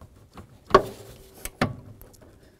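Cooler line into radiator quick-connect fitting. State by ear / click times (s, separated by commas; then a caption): seated / 1.6 s. A metal transmission/oil cooler line on a 1994–2004 Chevy S-10 is pushed into its quick-connect fitting on a new plastic radiator tank. A few faint taps lead up to a sharp knock at about 0.8 s and a brief tick at 1.5 s. At 1.6 s there is a distinct click as the connector latches and seats.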